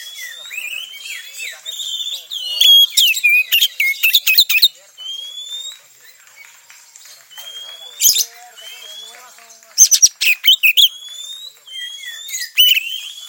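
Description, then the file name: Oriental Magpie-Robin singing varied phrases, clear rising whistles mixed with rapid scratchy chatter in loud bursts, separated by softer pauses. Song in the tretes style, played to restore the mental condition of other songbirds. "Suara Kacer Tretes Pulihkan Mental Burung Kicauan Lainnya"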